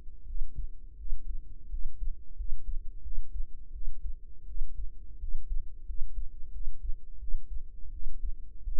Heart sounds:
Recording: heart sounds by microphone in the right ear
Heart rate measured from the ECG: 86 bpm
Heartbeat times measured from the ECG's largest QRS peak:
0.25 s: heartbeat
0.96 s: heartbeat
1.69 s: heartbeat
2.35 s: heartbeat
3.01 s: heartbeat
3.71 s: heartbeat
4.45 s: heartbeat
5.18 s: heartbeat
5.85 s: heartbeat
6.50 s: heartbeat
7.18 s: heartbeat
7.90 s: heartbeat
8.62 s: heartbeat
From the record:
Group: healthy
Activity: rest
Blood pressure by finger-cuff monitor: 104/67 mmHg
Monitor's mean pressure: 79 mmHg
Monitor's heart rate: 88 bpm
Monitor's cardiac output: 7.1 L/min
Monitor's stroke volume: 83 mL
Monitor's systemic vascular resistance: 810 dyn s/cm5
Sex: female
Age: 19 years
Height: 163 cm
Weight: 48.9 kg

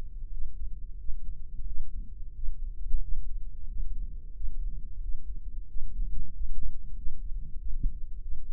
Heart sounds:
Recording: heart sounds by microphone in the right ear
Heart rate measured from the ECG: 91 bpm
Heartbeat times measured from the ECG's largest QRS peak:
0.34 s: heartbeat
1.01 s: heartbeat
1.68 s: heartbeat
2.37 s: heartbeat
3.04 s: heartbeat
3.70 s: heartbeat
4.36 s: heartbeat
5.03 s: heartbeat
5.70 s: heartbeat
6.36 s: heartbeat
6.99 s: heartbeat
7.61 s: heartbeat
8.24 s: heartbeat
From the record:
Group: healthy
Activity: Valsalva maneuver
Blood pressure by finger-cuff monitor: 161/96 mmHg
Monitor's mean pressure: 109 mmHg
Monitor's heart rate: 90 bpm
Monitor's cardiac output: 6.9 L/min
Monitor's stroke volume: 77 mL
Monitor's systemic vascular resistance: 1260 dyn s/cm5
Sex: male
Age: 21 years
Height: 175 cm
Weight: 72.6 kg

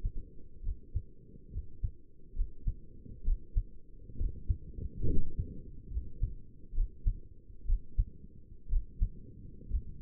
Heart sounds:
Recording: heart sounds by stethoscope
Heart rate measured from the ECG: 66 bpm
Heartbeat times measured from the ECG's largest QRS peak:
0.64 s: heartbeat
1.52 s: heartbeat
2.36 s: heartbeat
3.25 s: heartbeat
4.18 s: heartbeat
5.08 s: heartbeat
5.91 s: heartbeat
6.75 s: heartbeat
7.67 s: heartbeat
8.71 s: heartbeat
9.70 s: heartbeat
From the record:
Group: healthy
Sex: male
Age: 22 years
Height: 181 cm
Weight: 79 kg

